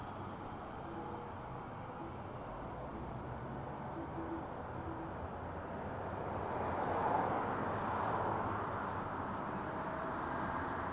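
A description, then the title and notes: A bike ride through city streets, with a constant wash of traffic rumble and hiss underneath. Faint tones flicker in and out during the first half. Around seven to nine seconds the noise swells and brightens, like a vehicle passing, then settles slightly. A stereo recording of biking from Harlem to the Bronx. The audio’s a bit muted because the mic is in my backpack.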